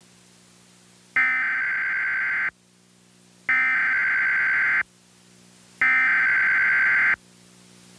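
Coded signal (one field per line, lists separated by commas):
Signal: Emergency Alert System (SAME) tones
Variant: header bursts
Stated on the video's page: Mock alert for fictional nuclear terrorism, not a real activation.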